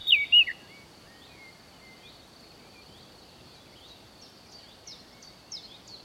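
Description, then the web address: Eurasian blackcap: a loud, brief twittering phrase at the start, followed by faint, scattered high chirps over a thin, steady high hum. "SETE data Sylvia atricapilla"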